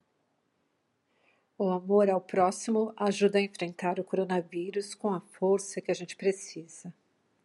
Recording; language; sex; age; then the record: spoken sentence; Brazilian Portuguese; female; 50 to 59 years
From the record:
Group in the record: control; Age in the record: 53 years